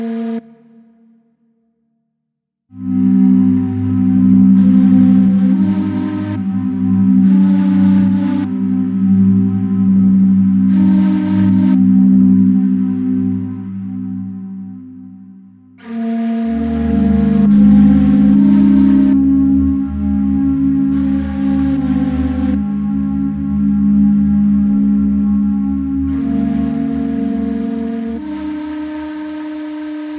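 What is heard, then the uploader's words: Binaural beats and isochronic tones: steady low humming tones start after a brief silence, shift pitch near sixteen seconds, with soft bright shimmers recurring. Binaural Beats & Isochronic Tones.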